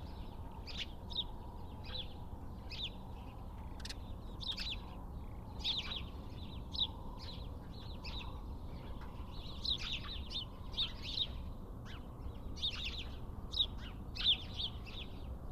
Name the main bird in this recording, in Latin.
Passer domesticus